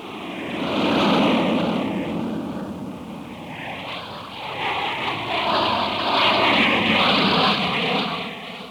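An airplane engine drones steadily for several seconds, a broad roar whose pitch gently wavers and swells, with no voices present.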